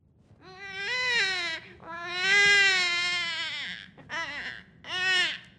Baby Crying.